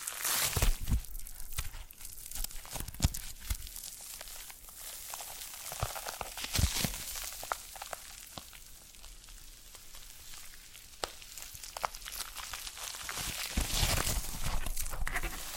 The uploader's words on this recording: ASMR Brain Melting Foam Massage for Sleep (No Talking).